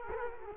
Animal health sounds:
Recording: mosquito wingbeat signal from an infrared sensor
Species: Culex quinquefasciatus

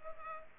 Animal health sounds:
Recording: mosquito wingbeat signal from an infrared sensor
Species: Culex pipiens

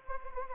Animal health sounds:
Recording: mosquito wingbeat signal from an infrared sensor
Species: Anopheles arabiensis

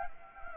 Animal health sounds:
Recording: mosquito wingbeat signal from an infrared sensor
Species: Anopheles gambiae

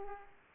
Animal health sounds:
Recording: mosquito wingbeat signal from an infrared sensor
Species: Aedes aegypti

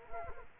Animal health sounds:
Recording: mosquito wingbeat signal from an infrared sensor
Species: Culex quinquefasciatus

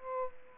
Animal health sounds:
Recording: mosquito wingbeat signal from an infrared sensor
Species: Aedes aegypti

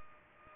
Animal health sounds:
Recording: mosquito wingbeat signal from an infrared sensor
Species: Culex pipiens

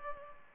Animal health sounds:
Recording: mosquito wingbeat signal from an infrared sensor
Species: Culex pipiens

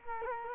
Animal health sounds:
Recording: mosquito wingbeat signal from an infrared sensor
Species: Culex quinquefasciatus

